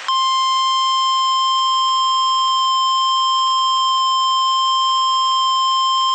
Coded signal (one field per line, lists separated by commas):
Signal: Emergency Alert System (SAME) tones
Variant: 1050 Hz attention tone